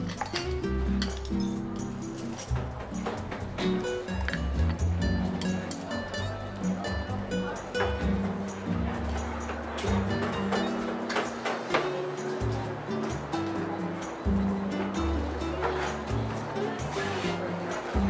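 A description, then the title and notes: A seaside cafe with a steady murmur of overlapping talk and a low, rolling wash of ocean beneath it. Frequent sharp clinks and taps of cups and dishes punctuate the scene throughout, with a constant low rumble underneath. Seaside Cafe Ambience - Coffee Shop Sounds, Ocean Sounds.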